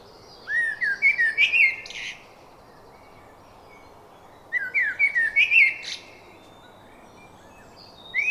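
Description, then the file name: Eurasian blackbird song, two similar phrases of low fluty notes ending in a thin, scratchy high flourish, with a third phrase starting at the end. "Turdus merula"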